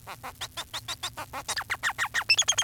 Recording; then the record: song of a male Bengalese finch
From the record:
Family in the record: son of father 4